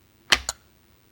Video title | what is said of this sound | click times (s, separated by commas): 3-in-1 Manual Vegetable Cutter - In The Kitchen With Chef Ibrahim - Ep 68 - BuyPass TV | टक सही है? ऐसे आवाज आएगी। सही है? यह हमारा फिक्स हो गया। | 0.3 s, 0.5 s